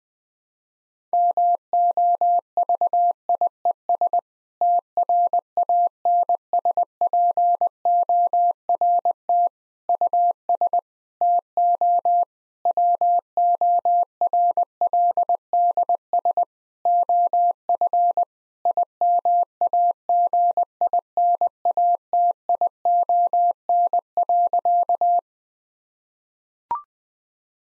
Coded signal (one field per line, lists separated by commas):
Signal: Morse code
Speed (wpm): 21 wpm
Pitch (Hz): 700 Hz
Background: none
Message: MOVIES TRANSPORT US TO WORLDS OF IMAGINATION.